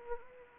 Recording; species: mosquito wingbeat signal from an infrared sensor; Anopheles arabiensis